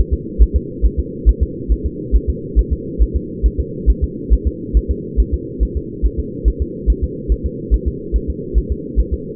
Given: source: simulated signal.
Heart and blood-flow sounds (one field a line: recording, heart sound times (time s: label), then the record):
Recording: fetal heart sounds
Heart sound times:
0.13 s: S2
0.42 s: S1
0.56 s: S2
0.86 s: S1
1.00 s: S2
1.29 s: S1
1.43 s: S2
1.72 s: S1
1.86 s: S2
2.16 s: S1
2.30 s: S2
2.59 s: S1
2.73 s: S2
3.02 s: S1
3.16 s: S2
3.46 s: S1
3.60 s: S2
3.90 s: S1
4.04 s: S2
4.33 s: S1
4.47 s: S2
4.77 s: S1
4.91 s: S2
5.20 s: S1
5.34 s: S2
5.63 s: S1
5.77 s: S2
6.06 s: S1
6.20 s: S2
6.48 s: S1
6.62 s: S2
6.90 s: S1
7.04 s: S2
7.32 s: S1
7.46 s: S2
7.74 s: S1
7.88 s: S2
8.16 s: S1
8.30 s: S2
8.58 s: S1
8.72 s: S2
9.00 s: S1
9.14 s: S2
From the record:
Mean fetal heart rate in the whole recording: 140 bpm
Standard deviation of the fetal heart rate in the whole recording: 2 bpm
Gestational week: 34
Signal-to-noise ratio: -4.1 dB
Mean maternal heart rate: no maternal heart sound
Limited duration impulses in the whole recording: absent